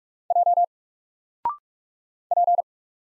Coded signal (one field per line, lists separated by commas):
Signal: Morse code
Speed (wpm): 44 wpm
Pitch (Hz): 700 Hz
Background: none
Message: J P